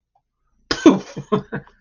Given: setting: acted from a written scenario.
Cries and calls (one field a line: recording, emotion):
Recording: vocal sound without words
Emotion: amusement